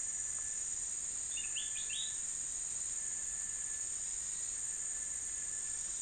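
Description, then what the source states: Bird call, a quick cluster of several high chirps near the start, then only a steady high-pitched insect-like hiss. United States, 17 December 2021.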